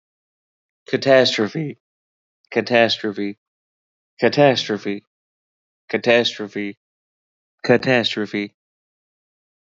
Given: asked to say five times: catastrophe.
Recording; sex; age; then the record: repeated word; male; 30 to 39 years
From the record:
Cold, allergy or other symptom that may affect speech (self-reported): no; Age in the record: 31 years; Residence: Wisconsin, United States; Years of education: 15